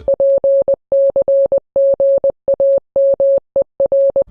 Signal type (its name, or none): Morse code